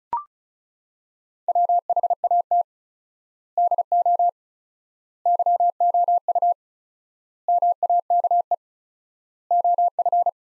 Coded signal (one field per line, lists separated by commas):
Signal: Morse code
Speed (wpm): 34 wpm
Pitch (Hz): 700 Hz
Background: none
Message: WHAT DO YOU MAKE OF